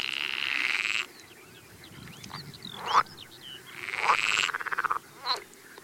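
Pool frog croaking: a long buzzy trill, a gap with softer croaks, then another rasping trill ending in quick pulsed notes over faint background noise.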